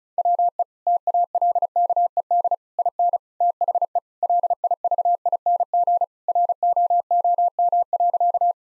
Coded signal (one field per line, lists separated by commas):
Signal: Morse code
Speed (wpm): 36 wpm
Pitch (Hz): 700 Hz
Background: none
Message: WE TALKED IN THE LIVING ROOM.